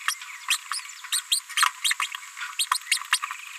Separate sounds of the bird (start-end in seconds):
0.08-0.14, 0.50-0.57, 0.73-0.79, 1.12-1.21, 1.31-1.39, 1.57-1.66, 1.84-1.94, 2.01-2.07, 2.59-2.65, 2.73-2.77, 3.12-3.17, 3.23-3.26